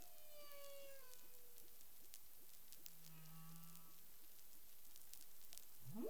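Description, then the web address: Humpback whale sounds: a fading downward whistle, faint ticking pulses, a brief low hum, then a rising sweep at the end, with clicky underwater noise. Recorded 13 February 2021 at 10:29 UTC. "CARIMAM. humpback whale 20210213 102928 UTC"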